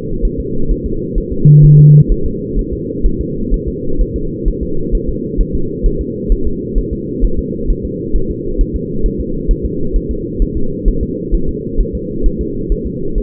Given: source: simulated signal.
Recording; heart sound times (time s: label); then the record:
fetal heart sounds
0.25 s: S1
0.40 s: S2
0.71 s: S1
0.86 s: S2
1.18 s: S1
1.33 s: S2
1.65 s: S1
1.79 s: S2
2.12 s: S1
2.26 s: S2
2.59 s: S1
2.73 s: S2
3.06 s: S1
3.21 s: S2
3.54 s: S1
3.68 s: S2
4.01 s: S1
4.16 s: S2
4.48 s: S1
4.63 s: S2
4.95 s: S1
5.09 s: S2
5.41 s: S1
5.55 s: S2
5.86 s: S1
6.01 s: S2
6.32 s: S1
6.47 s: S2
6.78 s: S1
6.93 s: S2
7.25 s: S1
7.39 s: S2
7.70 s: S1
7.85 s: S2
8.16 s: S1
8.30 s: S2
8.61 s: S1
8.76 s: S2
9.06 s: S1
9.20 s: S2
9.51 s: S1
9.65 s: S2
9.96 s: S1
10.11 s: S2
10.42 s: S1
10.57 s: S2
10.88 s: S1
11.03 s: S2
11.35 s: S1
11.49 s: S2
11.81 s: S1
11.95 s: S2
12.26 s: S1
12.41 s: S2
12.72 s: S1
12.87 s: S2
13.18 s: S1
From the record:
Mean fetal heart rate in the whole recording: 130 bpm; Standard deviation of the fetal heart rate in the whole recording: 4 bpm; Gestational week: 38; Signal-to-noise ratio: -8.1 dB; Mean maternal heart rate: 72 bpm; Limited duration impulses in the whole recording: present